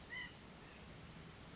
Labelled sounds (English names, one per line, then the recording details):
White-breasted Nuthatch
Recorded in Sonoma County, California